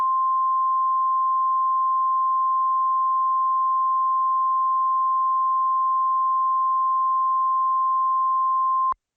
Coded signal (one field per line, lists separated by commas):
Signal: Emergency Alert System (SAME) tones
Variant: 1050 Hz attention tone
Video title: The Nuclear Within - An EAS Scenario